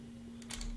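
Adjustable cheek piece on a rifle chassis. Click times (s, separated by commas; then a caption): 0.4 s, 0.5 s, 0.6 s. The adjustable cheek piece on a rifle chassis, loosened with a small wrench, is moved up and down, and its detent system clicks it into position. Three short clicks are heard at about 0.4, 0.5 and 0.6 seconds over a steady low hum, with the cheek piece seating and locking in place.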